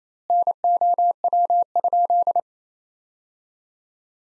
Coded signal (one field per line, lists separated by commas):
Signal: Morse code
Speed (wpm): 28 wpm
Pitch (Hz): 700 Hz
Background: none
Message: NOW?